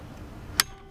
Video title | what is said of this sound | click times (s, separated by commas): Lowrance Ghost Trolling Motor: Unboxing, Installation, and Programming/Calibration | bingo there's the click she's now locked down | 0.6 s